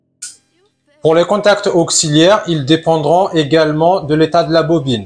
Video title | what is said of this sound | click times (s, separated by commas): Fonctionnement d'un contacteur moteur - Comment choisir le contacteur ? | For this range, I remove this cover and I slide my auxiliary contact until I hear a click. | 0.2 s